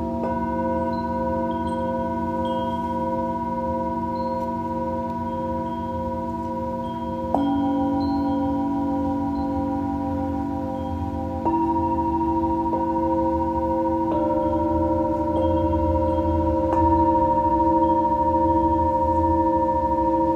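Tibetan singing bowls ring in long, sustained overlapping tones with a slow pulsing shimmer. New bowls are struck at about 7, 11, 14 and 17 seconds, each strike adding a fresh tone and making the sound slightly fuller. A low, soft rumble sits underneath throughout.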